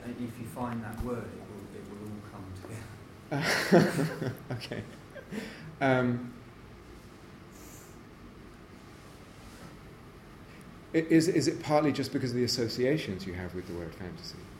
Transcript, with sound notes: If you find that word, it will all come together.
[laughs] Okay! Is it partly just because of the associations you have with the word 'fantasy'?